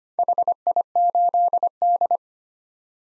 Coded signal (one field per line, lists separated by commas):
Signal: Morse code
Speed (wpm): 25 wpm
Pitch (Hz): 700 Hz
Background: none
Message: HI8D